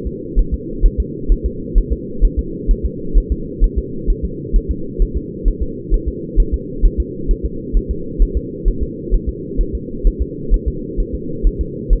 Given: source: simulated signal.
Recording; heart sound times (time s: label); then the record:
fetal heart sounds
0.07 s: S2
0.39 s: S1
0.54 s: S2
0.85 s: S1
1.00 s: S2
1.32 s: S1
1.46 s: S2
1.78 s: S1
1.93 s: S2
2.25 s: S1
2.39 s: S2
2.71 s: S1
2.86 s: S2
3.18 s: S1
3.32 s: S2
3.64 s: S1
3.78 s: S2
4.10 s: S1
4.25 s: S2
4.56 s: S1
4.71 s: S2
5.02 s: S1
5.17 s: S2
5.48 s: S1
5.63 s: S2
5.94 s: S1
6.08 s: S2
6.40 s: S1
6.54 s: S2
6.85 s: S1
7.00 s: S2
7.31 s: S1
7.46 s: S2
7.77 s: S1
7.91 s: S2
8.22 s: S1
8.37 s: S2
8.68 s: S1
8.83 s: S2
9.14 s: S1
9.29 s: S2
9.61 s: S1
9.75 s: S2
10.07 s: S1
10.22 s: S2
10.54 s: S1
10.68 s: S2
11.00 s: S1
11.15 s: S2
11.47 s: S1
11.61 s: S2
11.93 s: S1
From the record:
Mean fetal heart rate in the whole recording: 130 bpm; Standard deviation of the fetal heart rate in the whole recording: 2 bpm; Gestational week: 38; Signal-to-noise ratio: -4.3 dB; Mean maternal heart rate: 72 bpm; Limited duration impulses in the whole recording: absent